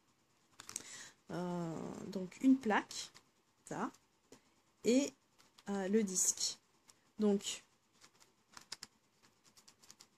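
Someone talks while handling the two rigid plastic parts of a fabric-flower template, a flat plate and a domed petal disc, with a few light knocks of the parts around 0.6 to 0.8 seconds and 8.6 to 8.8 seconds. The petal disc has not been clipped into the template plate yet, and nothing has seated or clicked.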